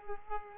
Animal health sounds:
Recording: mosquito wingbeat signal from an infrared sensor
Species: Culex pipiens

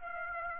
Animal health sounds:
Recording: mosquito wingbeat signal from an infrared sensor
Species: Aedes aegypti

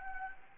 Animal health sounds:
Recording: mosquito wingbeat signal from an infrared sensor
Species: Anopheles gambiae

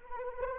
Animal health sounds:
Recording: mosquito wingbeat signal from an infrared sensor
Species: Anopheles arabiensis

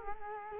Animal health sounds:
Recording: mosquito wingbeat signal from an infrared sensor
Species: Culex quinquefasciatus

